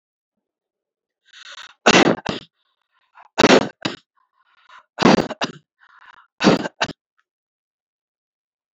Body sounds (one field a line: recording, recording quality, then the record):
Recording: heavy voluntary cough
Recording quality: excellent, no background noise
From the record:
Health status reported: healthy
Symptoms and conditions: none ticked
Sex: male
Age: 37 years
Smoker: not ticked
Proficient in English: yes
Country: India